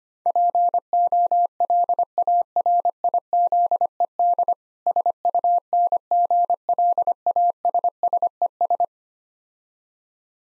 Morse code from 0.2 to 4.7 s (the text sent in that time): POLARIZED